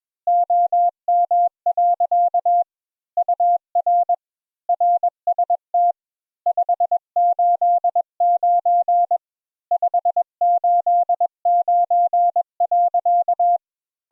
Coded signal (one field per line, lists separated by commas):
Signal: Morse code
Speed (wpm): 21 wpm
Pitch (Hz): 700 Hz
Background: none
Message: OM. UR RST 589 589.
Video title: Morse Code Practice Session 1